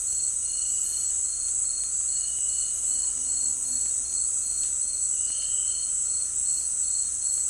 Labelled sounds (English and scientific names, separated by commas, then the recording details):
none
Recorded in dense forest near Puerto Asís, Putumayo, Colombia, on 20 February 2024 at 18:00
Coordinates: 0.484, -76.317
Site G6464